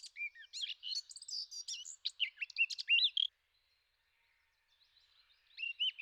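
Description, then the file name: Eurasian blackcap song: a fast, high warbling phrase of chirpy notes and slurred whistles for about three seconds, a silent pause, then a new phrase begins. "Zwartkop"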